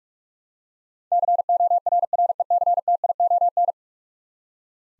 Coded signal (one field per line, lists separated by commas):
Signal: Morse code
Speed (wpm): 46 wpm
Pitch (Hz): 700 Hz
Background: none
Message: CORRECTION